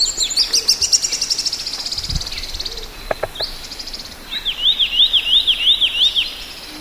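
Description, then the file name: Tit singing: a rapid series of high, thin notes, then a pause and a string of slurred, arched whistled notes in quick succession, amid faint background noise. "periparus amabilis"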